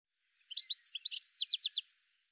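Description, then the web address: Bird giving a short, high twittering phrase of varied chirps that runs into a fast, even series of sharp notes, all within under two seconds. "cianscape birddata"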